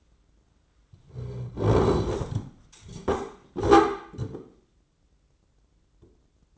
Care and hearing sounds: daily activity, microphone in the room; sit down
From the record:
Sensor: 3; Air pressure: 995.9 hPa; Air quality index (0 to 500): 247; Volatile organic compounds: 1000 ppm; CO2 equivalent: 6320 ppm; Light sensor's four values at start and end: 39/93/41/44 and 41/99/43/46

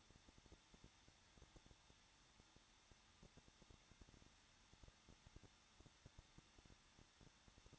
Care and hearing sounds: daily activity, microphone in the room; no activity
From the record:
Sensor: 3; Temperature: 21.2 degrees Celsius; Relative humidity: 36.4%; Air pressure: 1006.4 hPa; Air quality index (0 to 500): 223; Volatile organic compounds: 42 ppm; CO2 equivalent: 3185 ppm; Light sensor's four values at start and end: 2/3/2/2 and 2/3/2/2

